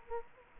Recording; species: mosquito wingbeat signal from an infrared sensor; Culex quinquefasciatus